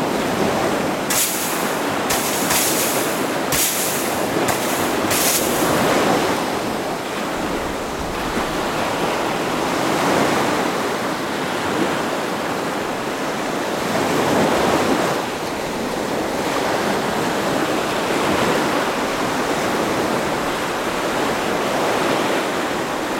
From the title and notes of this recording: Building a Sand Castle: Relaxing Sounds of the Beach. The sound of the waves crashing against the shore. The gentle sounds of sand shifting and the waves washing over.